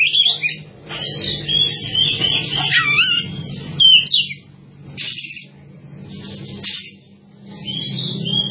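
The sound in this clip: Bird song of busy chirps and whistles, with sharp rising and falling notes in short bursts and brief pauses.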